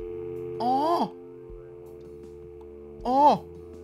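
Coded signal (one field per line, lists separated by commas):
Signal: telephone call progress tone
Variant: North America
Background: speech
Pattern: dial tone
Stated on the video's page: Tone heard in the game Please Don't Touch Anything 3D.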